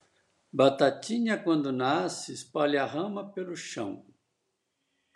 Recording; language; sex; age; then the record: short text; Brazilian Portuguese; female; 60 to 69 years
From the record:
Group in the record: control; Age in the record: 63 years